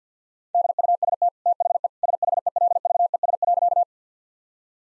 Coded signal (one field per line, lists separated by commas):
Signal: Morse code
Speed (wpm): 50 wpm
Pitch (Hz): 700 Hz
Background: none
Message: DUST THE SHELVES.